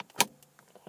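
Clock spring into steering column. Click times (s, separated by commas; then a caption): 0.2 s. A clock spring with its plastic tab intact is pushed back into the steering column of an XJ Jeep and snaps into place with a sharp, loud click at 0.2 s. A few faint ticks and small taps surround it. The clock spring is seated.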